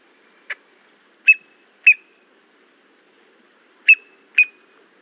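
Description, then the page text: Boat-tailed grackle giving five short, sharp notes with a thin whistled ring, in two pairs plus a softer opening note, against a quiet background. "Paul Marvin - Лодкохвостый гракл (Quiscalus major)"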